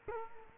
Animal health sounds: mosquito wingbeat signal from an infrared sensor; Culex quinquefasciatus

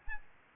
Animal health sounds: mosquito wingbeat signal from an infrared sensor; Aedes albopictus

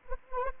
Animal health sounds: mosquito wingbeat signal from an infrared sensor; Anopheles arabiensis

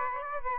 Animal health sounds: mosquito wingbeat signal from an infrared sensor; Aedes aegypti

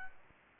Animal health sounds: mosquito wingbeat signal from an infrared sensor; Aedes albopictus

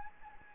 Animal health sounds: mosquito wingbeat signal from an infrared sensor; Anopheles gambiae

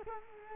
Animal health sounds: mosquito wingbeat signal from an infrared sensor; Culex quinquefasciatus

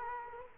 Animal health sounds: mosquito wingbeat signal from an infrared sensor; Culex quinquefasciatus

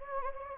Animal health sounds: mosquito wingbeat signal from an infrared sensor; Anopheles gambiae

